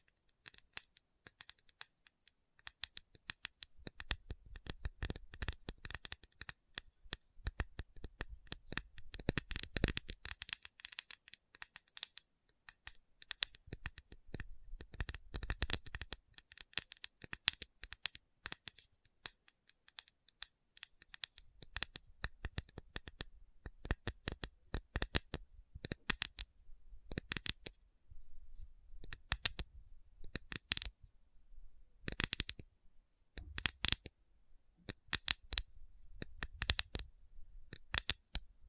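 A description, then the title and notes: A tapping session without talking: dense, quick taps and clicks come in flurries, with sharp bright strikes scattered throughout. Heavier bursts land around 10 and 15 seconds, and after a short lull near 20 seconds the taps become sparser, more spaced and crisp. Tapping Session (No Talking).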